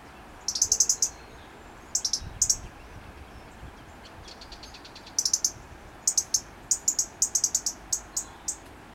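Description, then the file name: European robin ticking, many high rapid clicks in bursts and runs throughout, with fainter softer ticks in between and low background rumble. "Erithacus rubecula"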